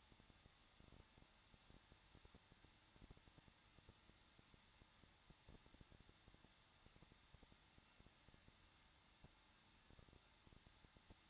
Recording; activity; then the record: daily activity, microphone in the room; no activity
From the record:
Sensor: 3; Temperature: 21.2 degrees Celsius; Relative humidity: 36.4%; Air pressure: 1006.3 hPa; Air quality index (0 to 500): 224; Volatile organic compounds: 44 ppm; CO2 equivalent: 3205 ppm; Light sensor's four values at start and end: 2/3/2/2 and 2/3/2/2